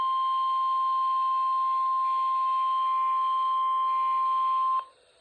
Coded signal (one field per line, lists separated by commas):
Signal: Emergency Alert System (SAME) tones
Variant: 1050 Hz attention tone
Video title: TOR warning! EAS #15/14